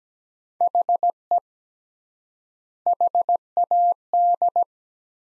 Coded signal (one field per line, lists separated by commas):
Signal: Morse code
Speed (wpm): 17 wpm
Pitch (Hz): 700 Hz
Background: none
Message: HE HAD